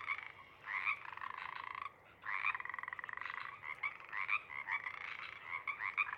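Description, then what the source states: Pacific Chorus Frogs calling in a chorus, long rattling trilled cree-eeks alongside quicker ribbits, several callers overlapping. More frogs of a pod joining the calling after sunset, up from overnight burrows; recorded night of April 21–22, 2019, Sinlahekin Valley.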